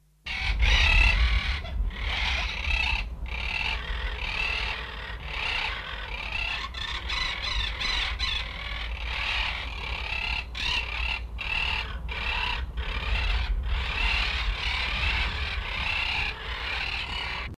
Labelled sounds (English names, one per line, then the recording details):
Monk Parakeet call
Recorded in captivity
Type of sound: call
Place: Tiergarten Schönbrunn, AT
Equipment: Halbspur, 9,5 cm/s
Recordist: Lütgens, Hans
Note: Wilhelminenberg